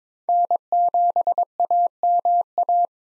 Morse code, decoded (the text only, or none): N7AMA